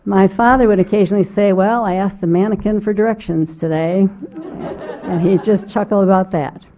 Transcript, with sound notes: My father would occasionally say, "Well, I asked the mannequin for directions today." [LAUGHTER] And he'd just chuckle about that.